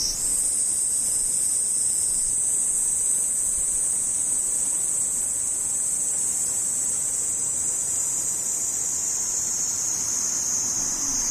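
A cicada drones without a break, a dense, high, buzzing hiss that holds steady for the whole stretch, its pitch sinking very slightly toward the end. Beneath it runs a faint low rumble, and the loudness barely changes throughout.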